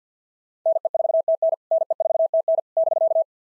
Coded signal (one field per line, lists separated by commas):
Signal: Morse code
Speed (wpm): 48 wpm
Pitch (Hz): 660 Hz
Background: none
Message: NE4TN NE4TN <BK>